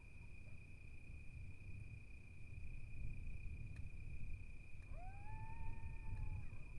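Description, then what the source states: Coyote gives a rising howl that levels into a long held note late, over gusty wind and a steady high tone. Several coyotes recorded in fall 2016 amid wind gusts and creaking sounds.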